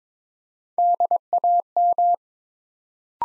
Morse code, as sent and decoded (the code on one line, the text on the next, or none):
-.. .- --
DAM